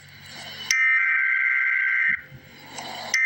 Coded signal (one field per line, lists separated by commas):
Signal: Emergency Alert System (SAME) tones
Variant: header bursts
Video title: Emergency Alert System - Wind Advisory - Nov 25, 2025 at 1:24 PM EST